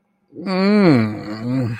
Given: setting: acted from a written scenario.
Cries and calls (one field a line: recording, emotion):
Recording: vocal sound without words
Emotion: ecstasy